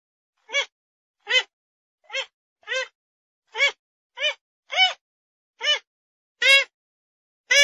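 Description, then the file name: Grey-headed swamphen calls: a series of about ten short, nasal, strongly harmonic notes in under eight seconds, spaced unevenly less than a second apart. "Tieng trich co"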